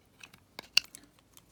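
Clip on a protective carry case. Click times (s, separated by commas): 0.8 s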